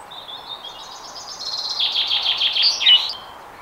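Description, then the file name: Common chaffinch song: thin opening notes lead into a fast, descending rattle of chips that ends in an emphatic terminal flourish; faint hiss in the background. "Fringilla coelebs"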